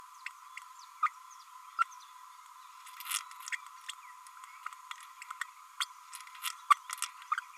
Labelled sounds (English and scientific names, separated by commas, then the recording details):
Green-rumped Parrotlet (Forpus passerinus) babbling
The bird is a male
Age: 32 days
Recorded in a nest box in Venezuela
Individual 17B32A6